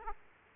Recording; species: mosquito wingbeat signal from an infrared sensor; Aedes aegypti